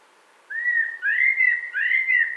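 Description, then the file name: Common blackbird song: three rich, fluting whistled phrases, each sliding gently upward then falling, with faint higher overtone notes above; quiet steady background. "CHyornyi drozd"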